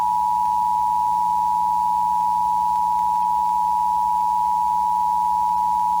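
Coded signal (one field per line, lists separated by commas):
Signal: Emergency Alert System (SAME) tones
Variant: 853 and 960 Hz attention tone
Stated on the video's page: Fictional alien invasion scenario using an Emergency Action Notification.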